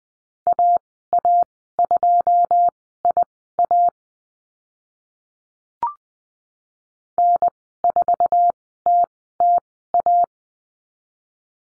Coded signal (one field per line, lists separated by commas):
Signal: Morse code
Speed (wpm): 20 wpm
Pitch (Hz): 700 Hz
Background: none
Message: AA2IA N4TTA